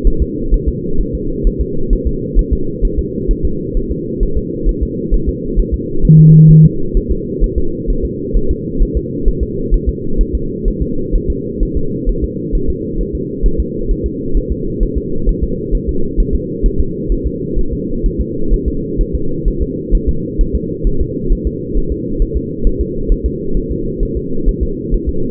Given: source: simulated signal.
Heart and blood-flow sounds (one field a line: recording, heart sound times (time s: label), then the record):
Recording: fetal heart sounds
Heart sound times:
0.07 s: S1
0.22 s: S2
0.54 s: S1
0.69 s: S2
1.01 s: S1
1.15 s: S2
1.47 s: S1
1.61 s: S2
1.93 s: S1
2.07 s: S2
2.39 s: S1
2.53 s: S2
2.85 s: S1
2.99 s: S2
3.31 s: S1
3.45 s: S2
3.77 s: S1
3.91 s: S2
4.23 s: S1
4.38 s: S2
4.69 s: S1
4.83 s: S2
5.14 s: S1
5.29 s: S2
5.59 s: S1
5.74 s: S2
6.05 s: S1
6.19 s: S2
6.51 s: S1
6.65 s: S2
6.97 s: S1
7.11 s: S2
7.44 s: S1
7.58 s: S2
7.90 s: S1
8.05 s: S2
8.37 s: S1
8.51 s: S2
8.82 s: S1
8.97 s: S2
9.28 s: S1
9.43 s: S2
9.74 s: S1
9.89 s: S2
10.21 s: S1
10.35 s: S2
10.68 s: S1
10.82 s: S2
11.15 s: S1
11.30 s: S2
11.63 s: S1
11.77 s: S2
12.09 s: S1
12.24 s: S2
12.55 s: S1
12.70 s: S2
13.01 s: S1
13.15 s: S2
13.46 s: S1
13.60 s: S2
13.91 s: S1
14.06 s: S2
14.37 s: S1
14.52 s: S2
14.83 s: S1
14.98 s: S2
15.29 s: S1
15.44 s: S2
15.75 s: S1
15.89 s: S2
16.20 s: S1
16.35 s: S2
16.66 s: S1
16.80 s: S2
17.12 s: S1
17.26 s: S2
17.59 s: S1
17.73 s: S2
18.06 s: S1
18.20 s: S2
18.54 s: S1
18.68 s: S2
19.01 s: S1
19.15 s: S2
19.48 s: S1
19.62 s: S2
19.95 s: S1
20.09 s: S2
20.41 s: S1
20.55 s: S2
20.87 s: S1
21.01 s: S2
21.32 s: S1
21.47 s: S2
21.77 s: S1
21.92 s: S2
22.22 s: S1
22.37 s: S2
22.67 s: S1
22.81 s: S2
23.12 s: S1
23.26 s: S2
23.57 s: S1
23.71 s: S2
24.03 s: S1
24.17 s: S2
24.49 s: S1
24.63 s: S2
24.94 s: S1
25.09 s: S2
From the record:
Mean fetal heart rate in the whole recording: 130 bpm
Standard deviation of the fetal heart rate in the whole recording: 4 bpm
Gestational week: 38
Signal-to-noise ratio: -8.1 dB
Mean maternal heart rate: 72 bpm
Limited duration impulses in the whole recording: present